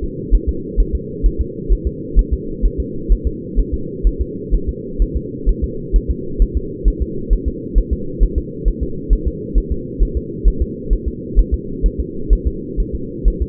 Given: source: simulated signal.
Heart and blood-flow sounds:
fetal heart sounds
0.04 s: S2
0.35 s: S1
0.49 s: S2
0.80 s: S1
0.95 s: S2
1.26 s: S1
1.41 s: S2
1.72 s: S1
1.87 s: S2
2.19 s: S1
2.33 s: S2
2.66 s: S1
2.80 s: S2
3.12 s: S1
3.27 s: S2
3.59 s: S1
3.74 s: S2
4.07 s: S1
4.21 s: S2
4.54 s: S1
4.69 s: S2
5.02 s: S1
5.17 s: S2
5.49 s: S1
5.64 s: S2
5.96 s: S1
6.11 s: S2
6.42 s: S1
6.57 s: S2
6.88 s: S1
7.02 s: S2
7.33 s: S1
7.48 s: S2
7.78 s: S1
7.93 s: S2
8.23 s: S1
8.38 s: S2
8.68 s: S1
8.83 s: S2
9.13 s: S1
9.28 s: S2
9.58 s: S1
9.72 s: S2
10.03 s: S1
10.17 s: S2
10.48 s: S1
10.62 s: S2
10.93 s: S1
11.08 s: S2
11.39 s: S1
11.54 s: S2
11.86 s: S1
12.00 s: S2
12.33 s: S1
12.47 s: S2
12.80 s: S1
12.95 s: S2
13.28 s: S1
13.42 s: S2
From the record:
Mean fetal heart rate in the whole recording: 130 bpm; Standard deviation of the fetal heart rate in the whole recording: 2 bpm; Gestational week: 36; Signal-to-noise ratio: -4.3 dB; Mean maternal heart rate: 72 bpm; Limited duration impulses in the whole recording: absent

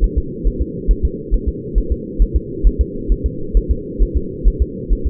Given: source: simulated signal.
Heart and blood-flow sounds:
fetal heart sounds
0.04 s: S1
0.18 s: S2
0.47 s: S1
0.62 s: S2
0.91 s: S1
1.05 s: S2
1.34 s: S1
1.48 s: S2
1.78 s: S1
1.92 s: S2
2.22 s: S1
2.36 s: S2
2.67 s: S1
2.81 s: S2
3.12 s: S1
3.26 s: S2
3.57 s: S1
3.71 s: S2
4.02 s: S1
4.17 s: S2
4.48 s: S1
4.62 s: S2
4.92 s: S1
5.07 s: S2
From the record:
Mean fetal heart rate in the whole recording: 135 bpm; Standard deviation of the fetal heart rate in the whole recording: 3 bpm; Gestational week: 36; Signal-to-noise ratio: -4.3 dB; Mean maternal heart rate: 72 bpm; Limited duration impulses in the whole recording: present

